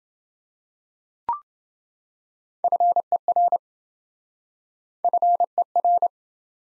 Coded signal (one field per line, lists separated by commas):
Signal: Morse code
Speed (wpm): 26 wpm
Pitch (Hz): 700 Hz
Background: none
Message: FER FER